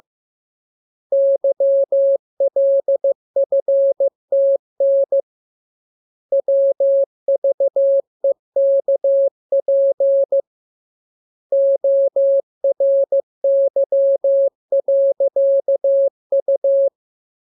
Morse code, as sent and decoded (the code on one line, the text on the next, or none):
-.-- .-.. ..-. - -. / .-- ...- . -.- .--. / --- .-. -.-- .-.-.- ..-
YLFTN WVEKP ORY.U